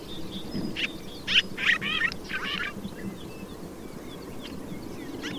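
Bird calls: a brief burst of quick chirping notes in the first seconds, then a few thin, faint whistles over background noise.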